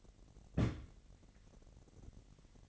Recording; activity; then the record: daily activity, microphone in the room; place on stove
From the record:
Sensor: 4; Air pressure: 1012.8 hPa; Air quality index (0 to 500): 239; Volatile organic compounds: 4 ppm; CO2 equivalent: 1589 ppm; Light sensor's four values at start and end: 27/66/27/26 and 27/65/27/26